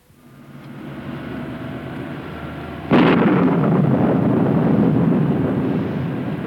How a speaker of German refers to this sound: Nanu! Was ist denn das? Es donnert! Ja, es hat gedonnert. Wir bekommen ein Gewitter.